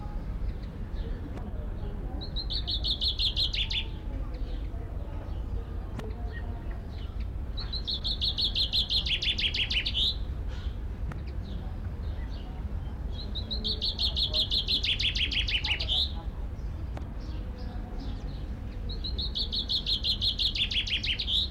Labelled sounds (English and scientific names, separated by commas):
Common Chaffinch (Fringilla coelebs)